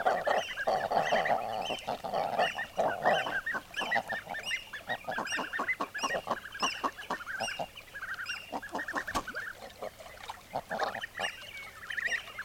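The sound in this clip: Common eider flock calling, a dense burst of hoarse notes at the start giving way to rapid, overlapping clucking calls that continue without pause.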